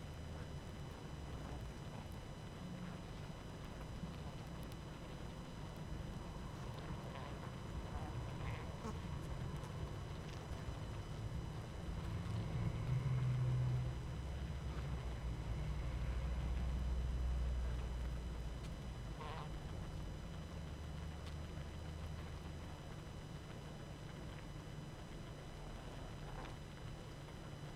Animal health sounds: honeybee colony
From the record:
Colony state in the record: active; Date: 12 June 2018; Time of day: 19:19

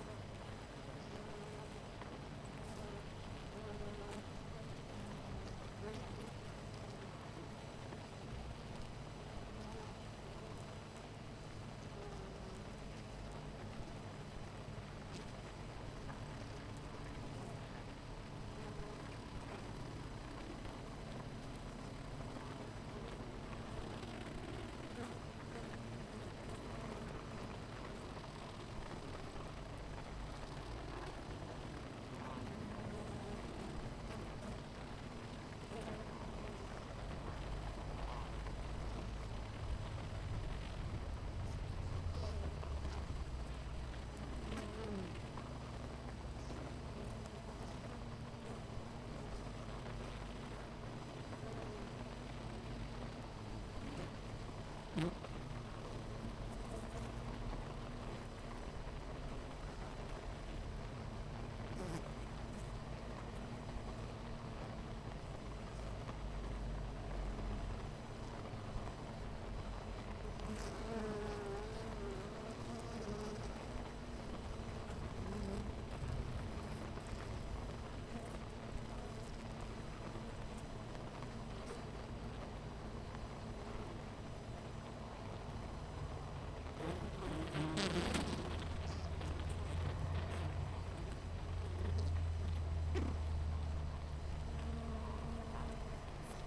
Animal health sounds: honeybee colony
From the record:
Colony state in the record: missing queen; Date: 14 July 2017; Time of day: 9:28

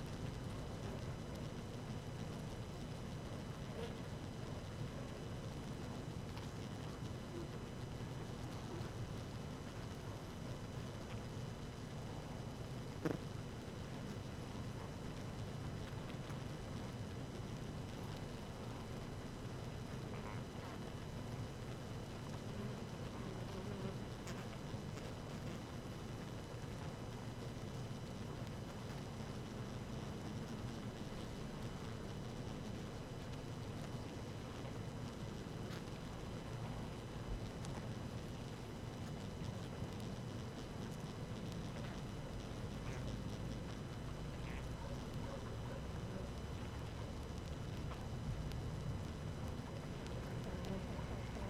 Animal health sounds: honeybee colony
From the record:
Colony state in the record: active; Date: 12 June 2018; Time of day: 18:03

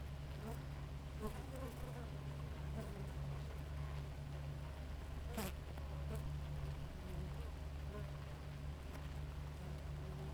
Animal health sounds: honeybee colony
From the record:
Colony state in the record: active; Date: 28 July 2017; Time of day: 5:18

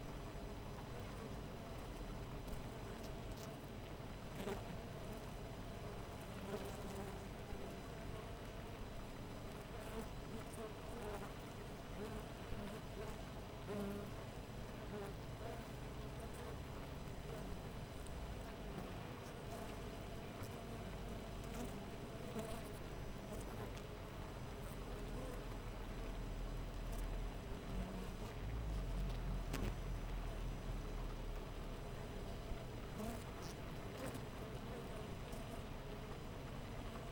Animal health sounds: honeybee colony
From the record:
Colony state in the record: missing queen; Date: 14 July 2017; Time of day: 5:40

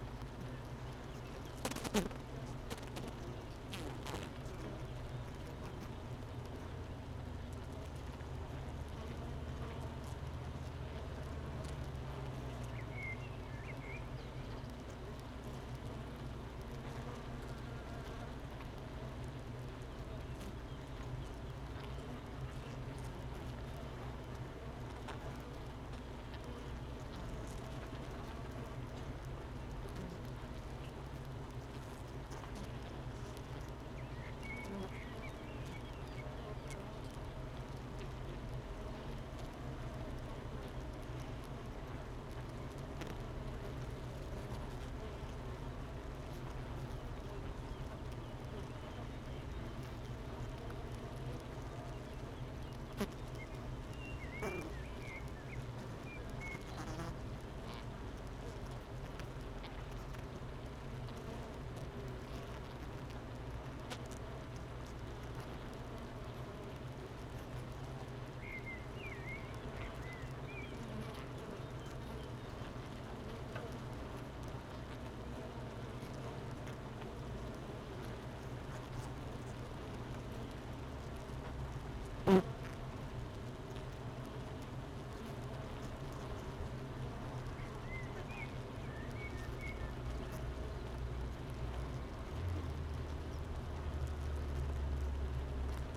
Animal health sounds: honeybee colony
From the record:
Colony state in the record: missing queen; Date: 31 May 2018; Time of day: 9:13

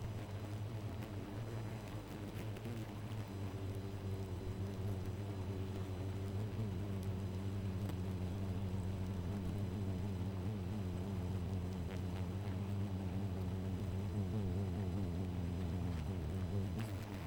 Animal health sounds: honeybee colony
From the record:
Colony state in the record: missing queen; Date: 14 July 2017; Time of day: 2:48

